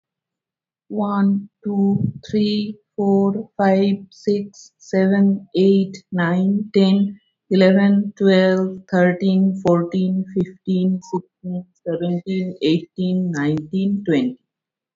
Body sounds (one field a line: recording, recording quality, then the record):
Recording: counting at a normal pace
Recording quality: excellent, no background noise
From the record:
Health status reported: healthy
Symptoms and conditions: none ticked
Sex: female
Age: 42 years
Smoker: not ticked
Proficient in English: no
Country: India